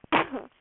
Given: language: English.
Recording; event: throat vibration sensor signal played as sound; cough